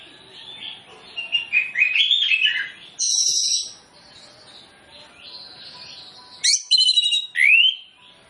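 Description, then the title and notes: Orange-headed Thrush song of warbled rising and falling notes, a buzzy high stretch, softer whistles, then a quick bright flourish with an upward slur. Lure training recording of full mimicry-filled song, played to prompt Orange-headed Thrushes to sing quickly and freely. "Masteran Anis Kembang Full Isian Untuk Suara Pancingan Anis Kembang Agar Cepat Ngeplong. Suara Burung Anis Kembang"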